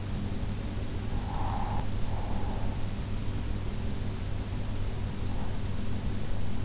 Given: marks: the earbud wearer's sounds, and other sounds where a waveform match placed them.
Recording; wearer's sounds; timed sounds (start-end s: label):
sounds in sleep by an in-ear microphone; breath
0.70-3.28 s: breath